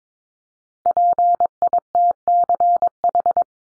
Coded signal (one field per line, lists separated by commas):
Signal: Morse code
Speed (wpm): 22 wpm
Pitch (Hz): 700 Hz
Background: none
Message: PITCH